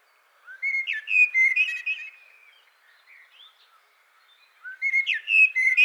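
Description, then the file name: Common blackbird song: a fluted warbling phrase of mellow whistles, a pause with faint notes, then a second similar phrase begins. "Turdus merula"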